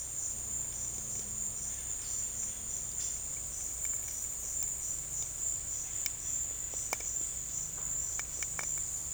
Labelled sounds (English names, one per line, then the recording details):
none
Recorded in dense forest near Puerto Asís, Putumayo, Colombia, on 23 June 2025 at 13:00
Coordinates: 0.481, -76.323
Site G072